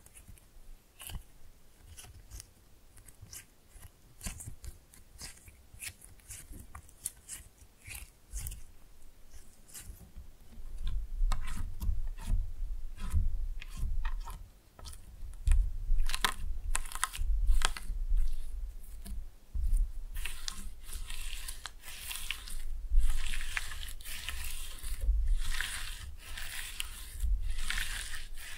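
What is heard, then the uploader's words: Slime is squeezed and poked, making wet crackling and squelching clicks that grow denser and louder after ten seconds, with low thumps throughout. ASMR Fun with Slime No Talking.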